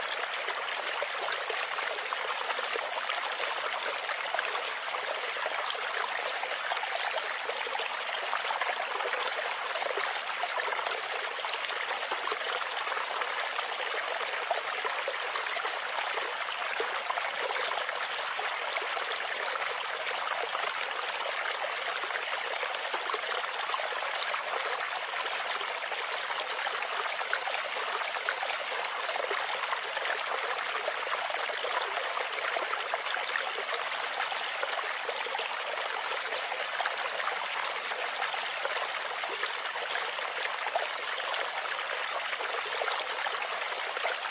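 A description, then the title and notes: Water flows steadily through a bamboo fountain, a constant trickle and splash with no pauses or build over the 44 seconds. The sound is bright and hissy with little low rumble, dense and even throughout, with a faint high whine running underneath. Bamboo Water Fountain Sounds. Water Flowing through bamboo.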